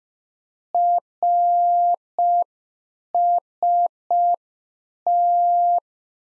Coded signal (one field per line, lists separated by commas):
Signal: Morse code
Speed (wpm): 5 wpm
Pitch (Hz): 700 Hz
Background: none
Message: RST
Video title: Practice QSO - Exchange 1- Beginning - 5wpm